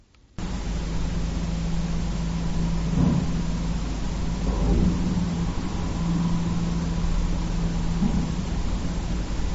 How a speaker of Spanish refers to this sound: Se oyen coches y se oyen motocicletas.